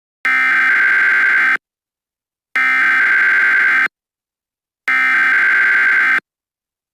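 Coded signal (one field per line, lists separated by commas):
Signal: Emergency Alert System (SAME) tones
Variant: header bursts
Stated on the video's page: Mock EAS scenario for a Cascadia hurricane.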